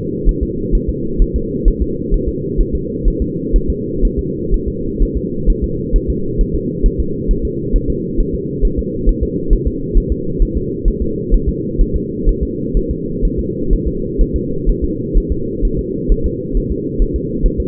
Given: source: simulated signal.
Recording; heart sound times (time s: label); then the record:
fetal heart sounds
0.29 s: S1
0.43 s: S2
0.75 s: S1
0.89 s: S2
1.22 s: S1
1.36 s: S2
1.68 s: S1
1.82 s: S2
2.14 s: S1
2.28 s: S2
2.61 s: S1
2.75 s: S2
3.08 s: S1
3.22 s: S2
3.56 s: S1
3.70 s: S2
4.05 s: S1
4.19 s: S2
4.54 s: S1
4.68 s: S2
5.02 s: S1
5.17 s: S2
5.50 s: S1
5.64 s: S2
5.96 s: S1
6.10 s: S2
6.41 s: S1
6.55 s: S2
6.86 s: S1
7.00 s: S2
7.31 s: S1
7.45 s: S2
7.76 s: S1
7.90 s: S2
8.20 s: S1
8.35 s: S2
8.65 s: S1
8.79 s: S2
9.09 s: S1
9.23 s: S2
9.53 s: S1
9.67 s: S2
9.97 s: S1
10.12 s: S2
10.42 s: S1
10.57 s: S2
10.88 s: S1
11.02 s: S2
11.34 s: S1
11.49 s: S2
11.81 s: S1
11.96 s: S2
12.29 s: S1
12.43 s: S2
12.77 s: S1
12.91 s: S2
13.25 s: S1
13.39 s: S2
13.73 s: S1
13.88 s: S2
14.21 s: S1
14.36 s: S2
14.69 s: S1
14.84 s: S2
15.17 s: S1
15.32 s: S2
15.65 s: S1
15.79 s: S2
16.12 s: S1
16.26 s: S2
16.57 s: S1
16.72 s: S2
17.02 s: S1
17.16 s: S2
17.46 s: S1
17.60 s: S2
From the record:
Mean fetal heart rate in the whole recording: 130 bpm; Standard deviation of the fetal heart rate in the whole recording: 4 bpm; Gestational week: 38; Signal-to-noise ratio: -6.6 dB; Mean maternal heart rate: 72 bpm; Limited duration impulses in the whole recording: present